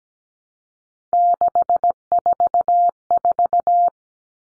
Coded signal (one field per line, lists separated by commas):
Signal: Morse code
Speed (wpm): 17 wpm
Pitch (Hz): 700 Hz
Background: none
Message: 644